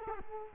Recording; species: mosquito wingbeat signal from an infrared sensor; Culex quinquefasciatus